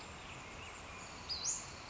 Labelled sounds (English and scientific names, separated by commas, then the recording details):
Western Flycatcher (Empidonax difficilis)
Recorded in Sonoma County, California